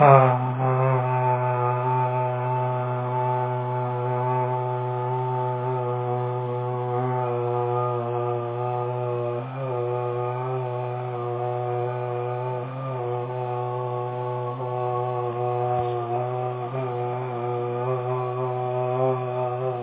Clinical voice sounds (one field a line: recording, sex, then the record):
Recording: sustained vowel /a/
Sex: male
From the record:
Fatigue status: no fatigue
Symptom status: asymptomatic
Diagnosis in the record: COVID-19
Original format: 3gp